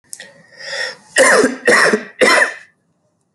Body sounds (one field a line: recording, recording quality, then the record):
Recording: heavy voluntary cough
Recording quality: excellent, no background noise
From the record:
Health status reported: healthy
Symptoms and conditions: none ticked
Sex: male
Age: 33 years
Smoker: not ticked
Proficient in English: yes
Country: India